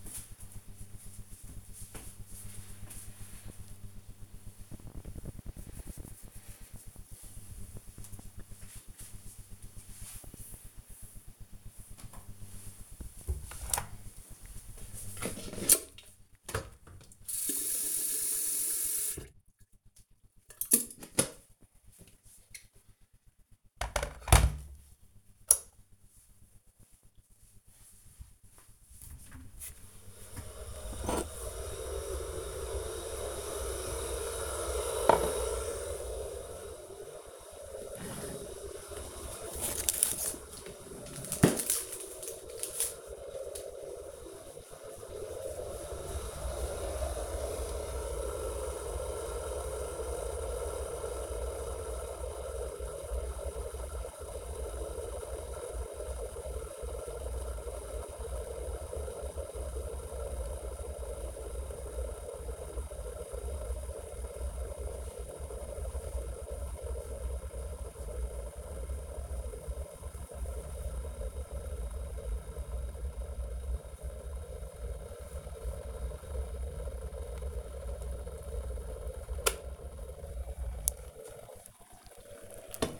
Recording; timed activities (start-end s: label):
household activities, microphone on the right wrist
11.37-82.99 s: making tea